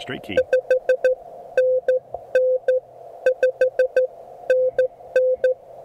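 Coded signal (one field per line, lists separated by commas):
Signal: Morse code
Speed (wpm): 14 wpm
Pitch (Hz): 510 Hz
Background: speech, music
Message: 5 NN 5 NN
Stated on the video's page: QRP Morse from a park activation with an Elecraft KX1 and end-fed half-wave antenna, on 20, 30 and 40 meters.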